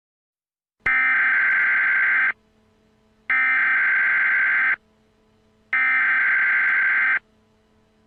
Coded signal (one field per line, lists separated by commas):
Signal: Emergency Alert System (SAME) tones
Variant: header bursts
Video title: EAS Scenario : Liberty City Zombie Attack